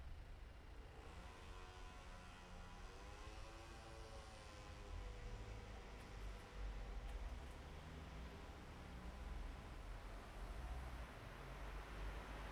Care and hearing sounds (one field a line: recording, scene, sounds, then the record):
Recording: everyday scene through a hearing-aid microphone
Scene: in traffic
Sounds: traffic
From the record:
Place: bus stop on a city main road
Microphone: behind the ear, right, rear